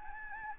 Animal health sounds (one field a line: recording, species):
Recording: mosquito wingbeat signal from an infrared sensor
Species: Anopheles gambiae